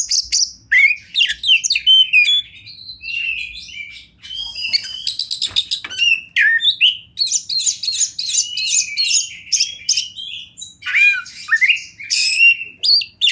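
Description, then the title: Oriental magpie-robin pouring out a long, hurried song of mixed whistles, rattling trills and grating chatter, barely pausing between phrases. "Kacer Konslet Bikin Kacer Lain"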